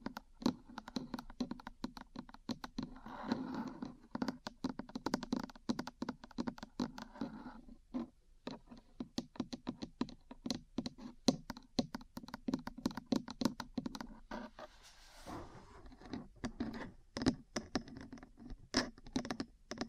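Metal parts tap and scratch in a dense, irregular stream of sharp clicks, quick and uneven like typing on a keyboard. Brief scraping stretches rise around three and fifteen seconds, and short pauses break the clatter near eight seconds.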